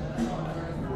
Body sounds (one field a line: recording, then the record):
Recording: background sound without coughing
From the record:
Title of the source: 60 minutes of coffee shop sounds for study and concentration